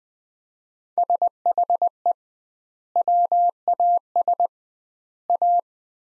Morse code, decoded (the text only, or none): SHE WAS A